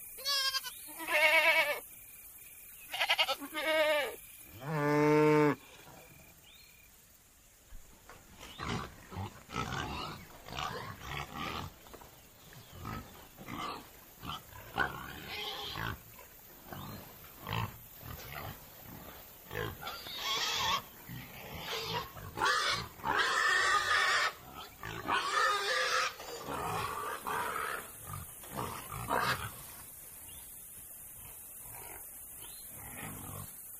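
Farm animals make a run of loud bleating calls in the first six seconds, then quieter grunts, snuffles and rustling continue irregularly throughout.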